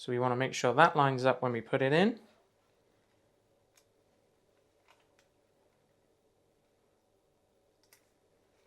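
Someone talks for about two seconds while lining up the corner cutout of a SIM card with the SIM card tray clip on a 4G dual band hardwired vehicle GPS tracker. Quiet handling follows, with a few faint, brief ticks near 3.8, 4.9, 5.2 and 7.9 seconds. Nothing has seated or clicked yet.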